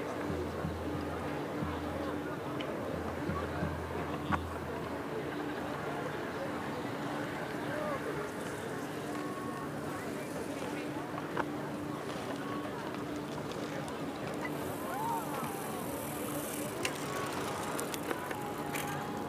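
Hundreds of people go about their activities on the Tempelhofer Freiheit in Berlin, their voices blending into a steady, dense murmur. A low hum sits underneath, broken by occasional clicks and knocks, and a brighter hiss rises near the end.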